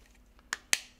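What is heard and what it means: An acrylic side holder piece is pressed into the frame of a PCB test jig until it snaps into place. Two sharp clicks are heard at 0.5 s and 0.7 s, the second louder, with a brief ring after. The holder is seated and sits sturdy.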